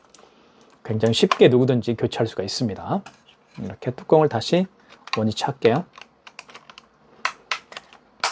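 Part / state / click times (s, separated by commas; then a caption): paper compartment cover into card terminal body / seated / 8.2 s. Someone talks while the plastic paper-compartment cover of a KCP-P4200QN wireless card terminal is closed back onto the terminal body, with light clicks and taps before the end. The cover clicks shut at 8.2 s, seating firmly closed.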